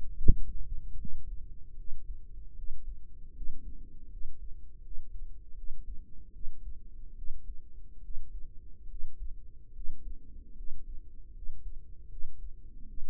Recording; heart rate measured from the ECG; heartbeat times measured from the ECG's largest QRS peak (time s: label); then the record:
heart sounds by microphone in the right ear; 75 bpm
0.12 s: heartbeat
0.96 s: heartbeat
1.74 s: heartbeat
2.53 s: heartbeat
3.31 s: heartbeat
4.07 s: heartbeat
4.80 s: heartbeat
5.53 s: heartbeat
6.31 s: heartbeat
7.13 s: heartbeat
8.00 s: heartbeat
8.86 s: heartbeat
9.71 s: heartbeat
10.53 s: heartbeat
11.31 s: heartbeat
12.07 s: heartbeat
12.85 s: heartbeat
From the record:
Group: healthy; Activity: rest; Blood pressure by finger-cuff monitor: 115/60 mmHg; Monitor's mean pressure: 74 mmHg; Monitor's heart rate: 76 bpm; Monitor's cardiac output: 6.1 L/min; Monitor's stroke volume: 82 mL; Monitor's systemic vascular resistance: 880 dyn s/cm5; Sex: female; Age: 32 years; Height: 168 cm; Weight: 61.9 kg